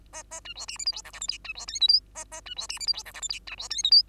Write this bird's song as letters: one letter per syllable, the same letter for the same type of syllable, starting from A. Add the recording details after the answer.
A A B C D E F G H I J K B C L M N A A B C D E F G H I J K B C L M N. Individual Bird2